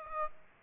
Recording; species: mosquito wingbeat signal from an infrared sensor; Aedes aegypti